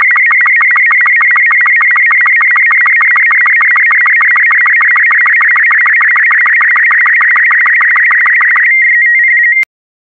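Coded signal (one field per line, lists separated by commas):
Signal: SSTV (slow-scan television)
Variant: Robot36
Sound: rapid warbling tone around 2 kHz with steady ticking blips, ending in a held tone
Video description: This video has been specially made to be decoded using the SSTV Robot36 format.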